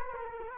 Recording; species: mosquito wingbeat signal from an infrared sensor; Culex quinquefasciatus